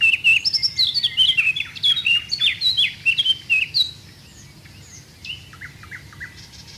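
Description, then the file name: Eurasian blackcap song: a dense, lively warbling phrase of quick slurred notes lasting about four seconds, followed by faint, softer notes. "Sylvia atricapilla"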